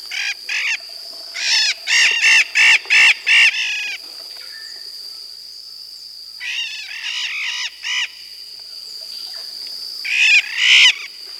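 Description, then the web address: Blue-headed macaw calls: a run of several raspy squawks, a pause, then two further bursts of harsh calls, with a constant shrill tone behind. Recorded in the Amazon, Peru. "Birds of the Amazon 1-44 Blue-headed Macaw (Ara couloni), Peru"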